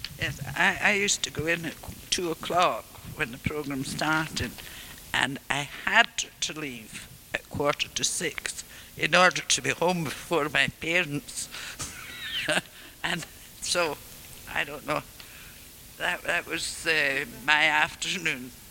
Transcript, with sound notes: Yes, I used to go in at two o'clock when the programme started, and I had to leave at quarter to six in order to be home before my parents. [laughs] And, so, I don't know, that was erm my afternoon.